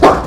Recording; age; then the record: pig call; growing-finishing pig (85 days or more)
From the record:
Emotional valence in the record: positive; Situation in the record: run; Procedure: transit